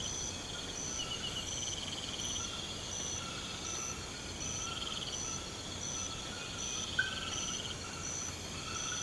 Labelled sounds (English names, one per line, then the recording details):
none
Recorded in pastures near Puerto Asís, Putumayo, Colombia, on 24 March 2025 at 01:00
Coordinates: 0.472, -76.329
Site G074